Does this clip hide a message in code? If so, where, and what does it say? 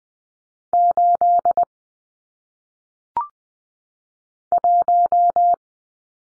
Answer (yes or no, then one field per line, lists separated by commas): yes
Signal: Morse code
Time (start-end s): 0.7-5.5 s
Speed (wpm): 20 wpm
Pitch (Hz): 700 Hz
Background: none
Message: 8 1